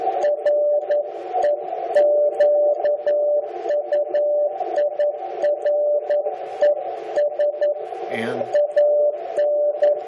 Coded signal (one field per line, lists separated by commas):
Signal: Morse code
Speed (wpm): 11 wpm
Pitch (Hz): 590 Hz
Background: speech, music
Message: REQUIRES AN